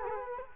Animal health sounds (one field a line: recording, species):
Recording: mosquito wingbeat signal from an infrared sensor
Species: Culex quinquefasciatus